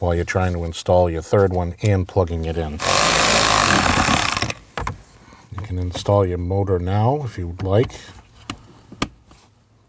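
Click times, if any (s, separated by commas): 9.0 s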